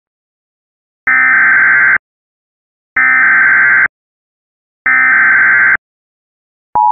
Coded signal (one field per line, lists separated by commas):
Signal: Emergency Alert System (SAME) tones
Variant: header bursts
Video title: (EAS MOCK) Who's fault was THIS?!?!?!? 6/12/2007